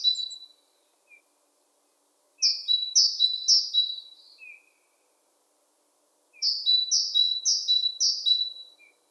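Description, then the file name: Great tit song: two full bursts of three or four ringing two-note units, each high note dropping to a lower one, with a few soft lower single notes between. "Parus major"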